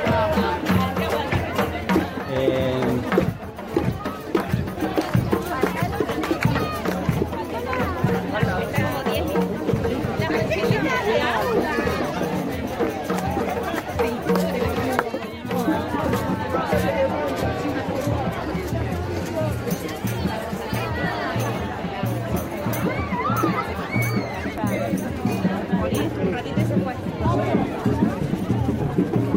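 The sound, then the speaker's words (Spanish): A large crowd of many people, many families and girls, marching north along 25 de Mayo street, fills the scene with continuous overlapping voices and singing-like chants, a steady dense babble that stays loud throughout without pause. “Mucha gente se ve, muchas familias, muchas niñas, muchos cantos, como estarán escuchando.”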